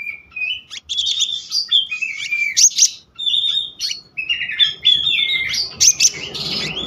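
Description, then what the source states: Selendang biru songbird singing clear whistled notes that step up and down between sharp chips, a lively varied phrase, with light hiss rising toward the end. Singing in the continuous rolling style called gacor ngeroll, with isian (fill-in phrases).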